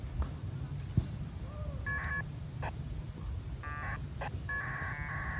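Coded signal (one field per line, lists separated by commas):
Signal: packet radio (AX.25, as in APRS)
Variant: 1200 baud AFSK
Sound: several short warbling two-tone data bursts between quiet gaps, a click near one second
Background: low room hum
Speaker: that's the sound of messages going back and forth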